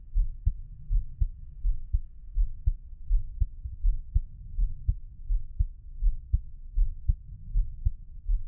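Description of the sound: Steady, deep paired thumps of an adult's own heartbeat repeat at about 81 beats a minute with an even rhythm, typical lub-dub heart sounds, picked up close with a 3Dio binaural microphone for ASMR. The sound is muffled, with a soft low rumble between beats and no talking.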